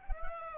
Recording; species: mosquito wingbeat signal from an infrared sensor; Aedes aegypti